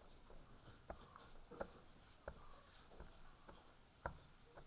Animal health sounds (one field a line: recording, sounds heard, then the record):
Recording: poultry house recording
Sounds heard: healthy chickens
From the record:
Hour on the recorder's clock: 18